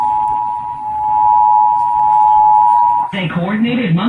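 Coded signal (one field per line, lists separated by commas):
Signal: Emergency Alert System (SAME) tones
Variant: 853 and 960 Hz attention tone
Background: speech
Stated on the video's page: Recorded Required Monthly Test.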